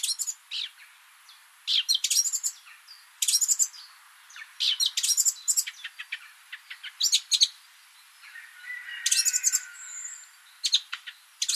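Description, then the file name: Eurasian Blackcap giving hard, clicking tac calls, single or in quick pairs and triplets, spaced irregularly throughout, with a faint softer twitter in between. "Sylvia atricapilla"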